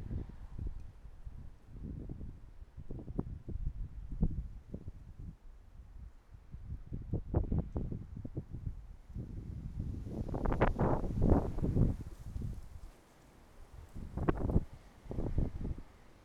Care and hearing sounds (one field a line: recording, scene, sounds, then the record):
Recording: everyday scene through a hearing-aid microphone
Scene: wind on the microphone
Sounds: wind, traffic, birds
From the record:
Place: suburban garden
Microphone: behind the ear, right, front